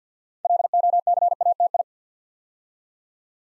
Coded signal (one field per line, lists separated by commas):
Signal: Morse code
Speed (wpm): 48 wpm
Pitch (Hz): 700 Hz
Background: none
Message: LOCATI